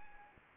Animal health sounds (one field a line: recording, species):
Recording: mosquito wingbeat signal from an infrared sensor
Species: Anopheles arabiensis